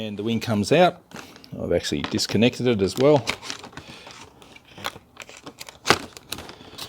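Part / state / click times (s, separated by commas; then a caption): RC plane wing into fuselage clip / not seated / none. Someone talks while handling the detachable wing of a Volantex PhoenixS 742-7 plastic RC glider, which fits onto the ABS fuselage with a clip on its underside, and a few sharp plastic taps and rattles follow in the quieter second half. The wing is being lined up to be pushed back into the fuselage, but nothing has seated or clicked yet.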